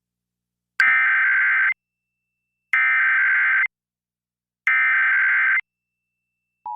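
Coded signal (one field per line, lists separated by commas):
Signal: Emergency Alert System (SAME) tones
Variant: header bursts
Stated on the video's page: Required Monthly Test received on an FM broadcast station.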